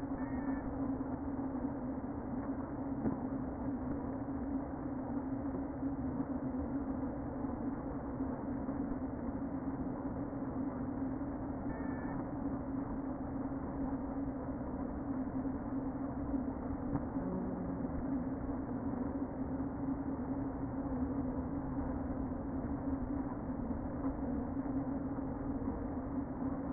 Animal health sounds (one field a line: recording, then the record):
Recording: honeybee colony, microphone inside the hive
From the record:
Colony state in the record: queen present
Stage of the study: before two queens were removed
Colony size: about 60,000 bees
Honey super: yes